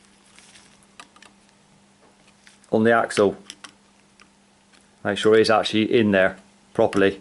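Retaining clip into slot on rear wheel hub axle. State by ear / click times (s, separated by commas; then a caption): not seated / none. A retaining clip is being handled and pressed into the slot on the rear wheel hub axle of a Mavic Aksium Disc rear wheel during a bearing change. Someone talks while a few faint, short ticks of handling are heard under a low steady hum. Nothing has seated or clicked yet; the clip ends before the clip snaps home.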